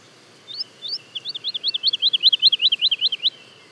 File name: alouette lulu chant de jour et duett Le Puech F